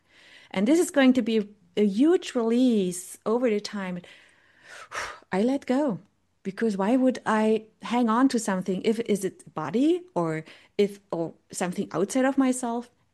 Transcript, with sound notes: And this is going to be a huge release over time. (exhales) I let go, because why would I hang on to something if... is it body or if... or something outside of myself?